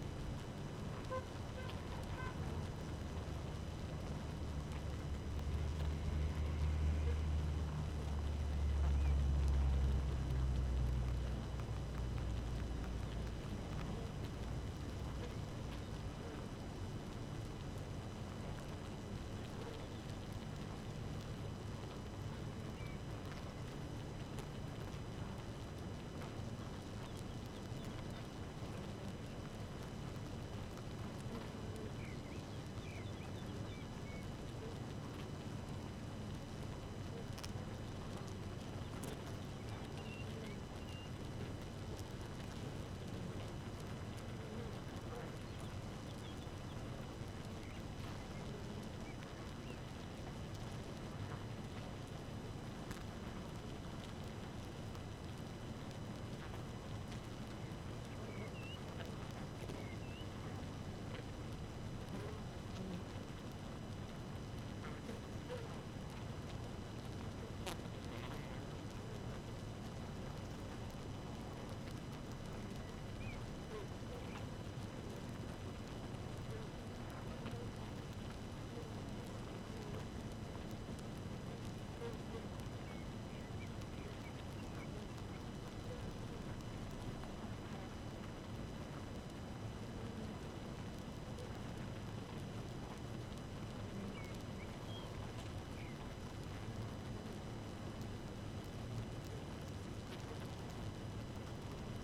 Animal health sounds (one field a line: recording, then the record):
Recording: honeybee colony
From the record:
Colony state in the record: active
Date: 12 June 2018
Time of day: 5:16